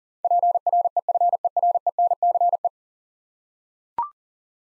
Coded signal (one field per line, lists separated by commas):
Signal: Morse code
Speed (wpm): 37 wpm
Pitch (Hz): 700 Hz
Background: none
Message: PREFERENCE